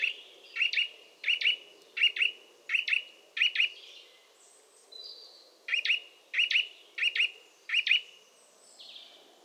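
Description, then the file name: Eurasian nuthatch repeating clipped, doubled high calls at a steady brisk pace: several pairs, a short break, then four more pairs. "Sitta europaea"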